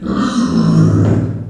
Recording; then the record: squeal of a Yucatan mini pig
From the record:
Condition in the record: after surgery on the right vocal fold (resection and tissue-engineered implant); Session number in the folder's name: 7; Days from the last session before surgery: 47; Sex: female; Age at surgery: 19 weeks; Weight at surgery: 25 kg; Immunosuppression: prednisolone